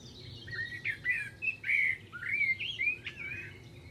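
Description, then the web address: Bird song: series of slurred whistles varying in pitch, over a steady background hiss. "Deverinetal. Bird Only"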